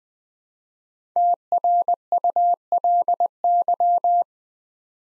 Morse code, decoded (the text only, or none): TRULY